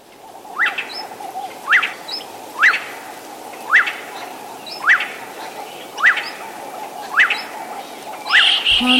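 Common gonolek calls: short upslurred whistles repeated roughly every second, eight times, over a low steady hum, with a harsher burst of sound at the end.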